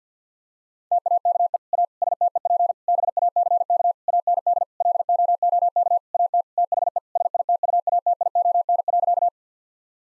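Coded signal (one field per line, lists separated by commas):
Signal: Morse code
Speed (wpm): 50 wpm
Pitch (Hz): 700 Hz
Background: none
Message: TAKE A STEP BACK AND LOOK AT THE SITUATION.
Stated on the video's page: Morse practice sentences of common eight-word phrases at 50 wpm; each sentence sent, then spoken, then sent again for head-copy practice.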